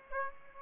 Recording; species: mosquito wingbeat signal from an infrared sensor; Aedes aegypti